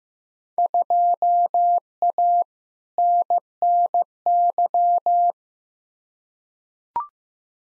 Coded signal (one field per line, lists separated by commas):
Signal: Morse code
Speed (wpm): 15 wpm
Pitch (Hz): 700 Hz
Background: none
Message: 2A NNY